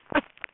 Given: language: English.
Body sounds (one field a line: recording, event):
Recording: throat vibration sensor signal played as sound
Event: cough